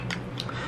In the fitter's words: battery door is held on with magnets on the back here and it's snaps into place really nice